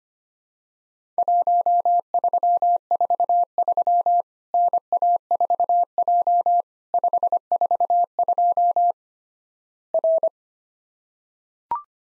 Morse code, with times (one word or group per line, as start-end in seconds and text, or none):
1.2-4.2 1343
4.5-6.6 NA4J
6.9-8.9 542
9.9-10.3 R